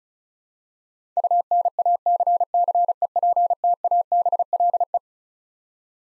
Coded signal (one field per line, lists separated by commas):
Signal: Morse code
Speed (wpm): 36 wpm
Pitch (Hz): 700 Hz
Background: none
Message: UNACCEPTABLE